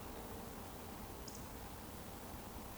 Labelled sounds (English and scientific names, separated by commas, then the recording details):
Eurasian Woodcock (Scolopax rusticola) whistle
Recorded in Baden-Württemberg, Germany, on 23 June 2020 at 19:29 UTC
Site 14569, 102 m above sea level